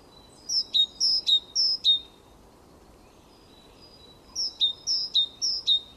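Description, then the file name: Great tit singing clear high-low double notes, three pairs in a quick run, a pause, then three pairs more. "Parus major"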